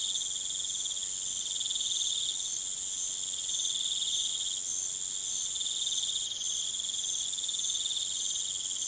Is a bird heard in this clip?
no